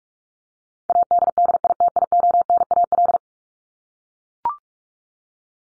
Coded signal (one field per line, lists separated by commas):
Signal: Morse code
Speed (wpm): 44 wpm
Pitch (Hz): 700 Hz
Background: none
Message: ADDITIONAL